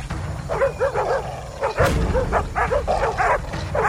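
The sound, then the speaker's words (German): Bloodhounds, let loose alongside lancer knights on a retaliatory raid, bark and bay in a rapid, overlapping chorus, their mid-pitched yelps rising and falling over a steady low rumble of background noise. “Mit den Bluthunden und Lanzenrittern startet er einen Vergeltungsfeldzug gegen die wehrlosen Ureinwohner”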